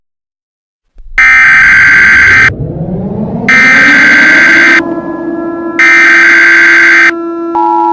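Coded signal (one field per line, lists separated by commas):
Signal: Emergency Alert System (SAME) tones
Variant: header bursts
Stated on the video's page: Fictional EAS scenario, not a real alert.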